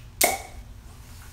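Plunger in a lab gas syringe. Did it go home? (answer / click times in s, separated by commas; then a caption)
released / 0.2 s. The plunger is pulled out of a lab gas syringe and comes free with a single loud pop at 0.2 s. The sharp broadband burst is followed by a brief ringing tone that fades within a fraction of a second, leaving only quiet background. The plunger is released from the syringe.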